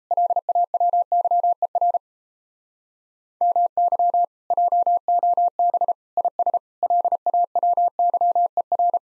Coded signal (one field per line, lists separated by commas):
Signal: Morse code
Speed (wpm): 35 wpm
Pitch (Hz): 700 Hz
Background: none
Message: LAWYER MY JOB IS LAWYER